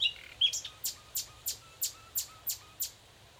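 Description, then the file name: Common nightingale song, a brief warbled opening, then a steady series of sharp descending whistled notes repeated about three times a second. "Luscinia megarhynchos"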